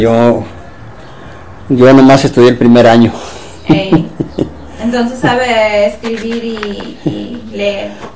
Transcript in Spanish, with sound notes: Yo nomás estudié el primer año. (risas)
Ey. Entonces, ¿sabe escribir y leer?